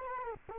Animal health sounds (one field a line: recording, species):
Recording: mosquito wingbeat signal from an infrared sensor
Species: Culex quinquefasciatus